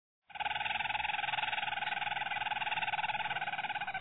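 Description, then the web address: Harz Roller canary delivering one long, unbroken rolling trill, an even purr of rapid notes held for several seconds. Harz Roller breed of canary. "canarios racas canto harzerv"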